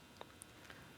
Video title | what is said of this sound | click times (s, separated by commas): How to Make a Bracelet using Wire Braid and Cord Ends | I'll close that up. I can hear it click. | 0.4 s